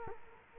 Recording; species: mosquito wingbeat signal from an infrared sensor; Culex quinquefasciatus